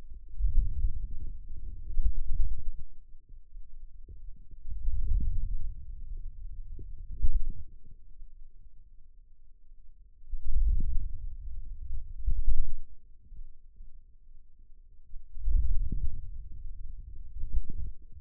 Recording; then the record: forearm muscle sounds (acoustic myography)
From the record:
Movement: wrist extension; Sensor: system 2, bracelet of six BSWA MPA416 microphones around the upper forearm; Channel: 1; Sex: male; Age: 22 years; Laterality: right